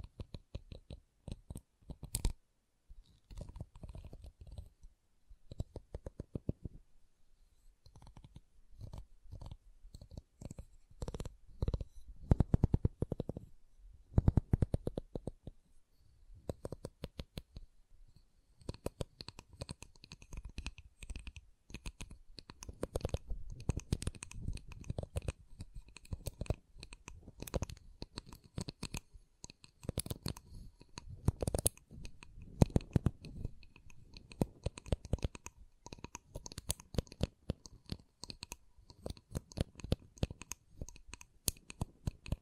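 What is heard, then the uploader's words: Wood triggers tapped and scratched in dense bursts of sharp clicks, sparser early on, then a nearly continuous patter from about eighteen seconds. ASMR Calming Wood Triggers for Sleep (No Talking).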